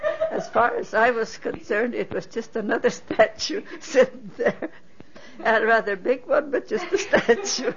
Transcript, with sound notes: As far as I was concerned, it was just another statue sitting there. ( she laughs ) And a rather big one, but just a statue.